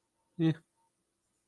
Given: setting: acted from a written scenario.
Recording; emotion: vocal sound without words; neutral